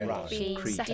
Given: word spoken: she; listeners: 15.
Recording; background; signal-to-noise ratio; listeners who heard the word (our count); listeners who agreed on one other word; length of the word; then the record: one English word in noise, from a listening test; four-talker babble; -2.9 dB; 0 of 15; 7 of 15; 0.54 s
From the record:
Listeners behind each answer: 7, 5, 1, 1, 1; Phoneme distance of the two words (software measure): 17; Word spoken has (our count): 1 syllable, 2 phonemes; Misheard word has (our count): 1 syllable, 3 phonemes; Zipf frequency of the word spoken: 6.42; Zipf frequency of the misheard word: 4.06